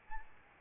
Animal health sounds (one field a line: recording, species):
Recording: mosquito wingbeat signal from an infrared sensor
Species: Aedes albopictus